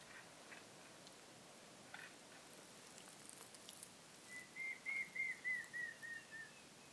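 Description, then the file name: Montezuma quail giving a descending whistled call, a quavering series of about eight notes dropping slightly in pitch over two seconds, against quiet background hiss. "Cyrtonyx montezumae - Montezuma Quail"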